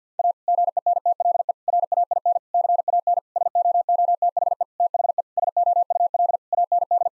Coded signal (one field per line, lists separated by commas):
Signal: Morse code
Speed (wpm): 50 wpm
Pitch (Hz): 700 Hz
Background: none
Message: A GENTLE RAIN CAN SOOTHE THE SOUL AND